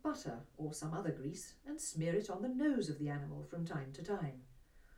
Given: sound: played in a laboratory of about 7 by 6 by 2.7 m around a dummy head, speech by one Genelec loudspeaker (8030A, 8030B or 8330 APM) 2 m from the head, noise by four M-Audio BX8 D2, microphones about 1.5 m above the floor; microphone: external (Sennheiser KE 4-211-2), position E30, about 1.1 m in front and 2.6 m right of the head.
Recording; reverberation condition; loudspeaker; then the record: female speech in English; low; 150 degrees to the left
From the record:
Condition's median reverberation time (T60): about 310 ms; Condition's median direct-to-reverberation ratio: about 3.5 dB